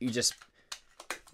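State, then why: Seated. Someone talks briefly as a plastic grapnel hook is pushed onto the front of a NECA Toys Batman: The Animated Series toy grapnel launcher replica. Sharp clicks sound at 0.7 s and 1.1 s, with a couple of fainter ticks in between and after. The hook pops and locks into place.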